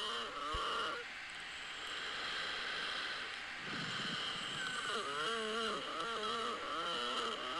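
An adult sitting at rest, trying to sleep, breathes quietly with high, squeaky, wavering whistles that rise and fall like a creaking porch swing, clearest in the second half, over steady background hiss. These musical sounds are wheezing from narrowed airways during a respiratory illness with a dry cough, diagnosed as bronchitis.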